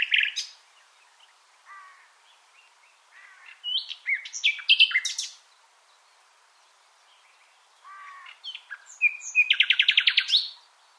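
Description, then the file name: Common nightingale song with varied phrases of slurred whistles and sharp notes, and near the end a loud run of rapid, evenly spaced repeated notes. "Luscinia megarhynchos"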